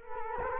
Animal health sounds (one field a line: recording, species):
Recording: mosquito wingbeat signal from an infrared sensor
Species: Culex quinquefasciatus